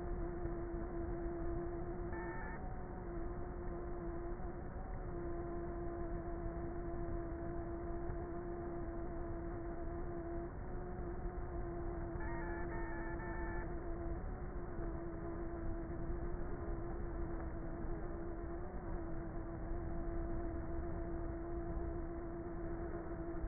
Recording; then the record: honeybee colony, microphone inside the hive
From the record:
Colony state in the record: queenless with a low population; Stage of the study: before two queens were removed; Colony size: about 30,000 bees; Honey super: no